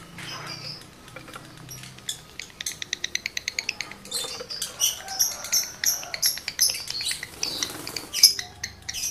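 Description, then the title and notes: Lovebird song starting quietly, then a fast train of even clicks followed by repeated squeaky, chattering high bursts. Male lovebird in breeding condition, singing; used to stimulate other lovebirds into singing. "Birahi Lovebird Jantan ke Gacor. Pancingan Suara Lovebird jantan birahi ini sangat manjur untuk burung Lovebird Anda"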